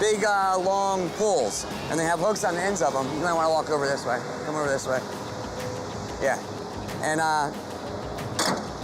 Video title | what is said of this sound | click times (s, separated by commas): ابرماشین های دریایی قسمت 08 | that unlocks the shoes, which makes it possible for us to lift it up. | 8.4 s